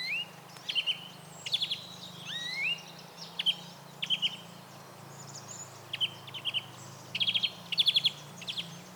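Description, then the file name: European greenfinch giving scattered chirps and upslurred whistles with short ticking trills, growing denser toward the end, against a low steady hum. "Chloris chloris"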